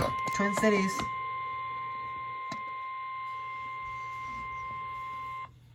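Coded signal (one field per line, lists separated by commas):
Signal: Emergency Alert System (SAME) tones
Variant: 1050 Hz attention tone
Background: speech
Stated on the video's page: Tornado Warning EAS alert from the National Weather Service office MPX.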